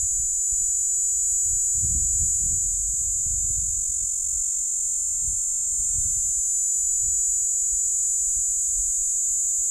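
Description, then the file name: Cicada song, one continuous high, even-toned drone, overlaid by intermittent low thumping rumbles, strongest early on. Recorded at Steytlerville. "P plumosa Steydtlerville"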